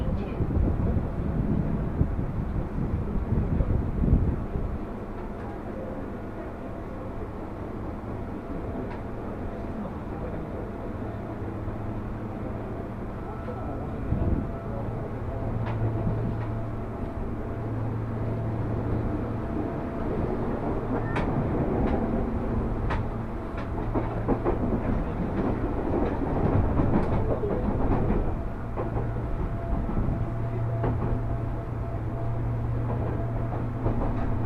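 A train ride on the Nambu and Tsurumi lines: a steady low rumble of the moving carriage fills the clip, with a sustained motor hum that drops out briefly near 14 seconds. Scattered clicks and rattles of the wheels and car body come and go, busier after 20 seconds.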